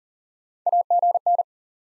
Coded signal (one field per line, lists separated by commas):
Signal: Morse code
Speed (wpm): 38 wpm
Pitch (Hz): 700 Hz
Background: none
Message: AGN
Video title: SOTA QSO Practice 40wpm